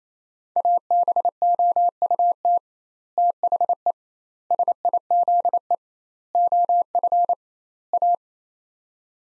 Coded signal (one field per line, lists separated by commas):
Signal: Morse code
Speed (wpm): 28 wpm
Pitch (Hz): 700 Hz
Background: none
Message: ABOUT THE SIZE OF A